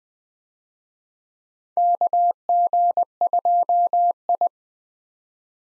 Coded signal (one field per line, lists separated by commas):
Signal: Morse code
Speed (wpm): 20 wpm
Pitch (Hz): 700 Hz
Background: none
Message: KG2I